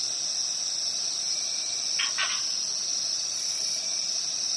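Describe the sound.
Cricket sounds a continuous high trill while a short double burst of lower chirps cuts in midway.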